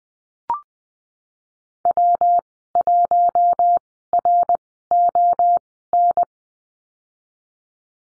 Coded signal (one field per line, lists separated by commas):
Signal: Morse code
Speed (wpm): 20 wpm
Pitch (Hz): 700 Hz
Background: none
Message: W1RON